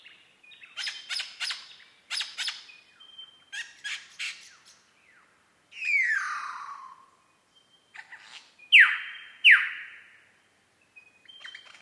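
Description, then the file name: Superb lyrebird song of clicking, crackling bursts, a long falling whistle and two sharp descending swoops, with brief pauses between phrases. Recorded at Mount Airly; date given as 30 May 2011. "SLB-mt airly 300511"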